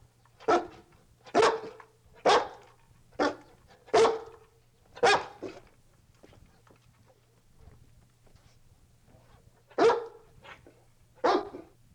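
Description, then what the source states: Dog barking: six loud, harsh barks about one second apart, a pause of several seconds, then two more barks. Barking described as increasing in intensity.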